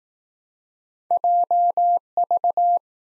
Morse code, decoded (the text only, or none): JV